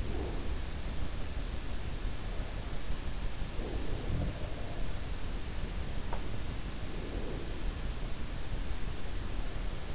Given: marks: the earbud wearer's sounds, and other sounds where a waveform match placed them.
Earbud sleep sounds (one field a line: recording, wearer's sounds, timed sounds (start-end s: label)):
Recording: sounds in sleep by an in-ear microphone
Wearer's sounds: breath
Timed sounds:
0.00-0.70 s: breath
3.58-4.39 s: breath
6.81-7.78 s: breath